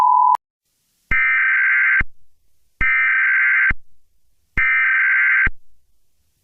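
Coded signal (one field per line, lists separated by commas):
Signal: Emergency Alert System (SAME) tones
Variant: header bursts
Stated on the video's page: Fictional EAS scenario, not a real alert.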